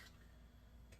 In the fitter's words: And then that will just slide right down there and snap into place.